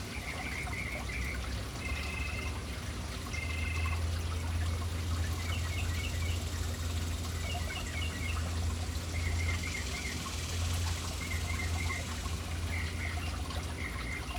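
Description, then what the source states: Birds chirping in quick bursts of short, high notes, some paired and some in rapid clusters, over steady splashing fountain water and a low rumble. City birds hanging around an urban fountain.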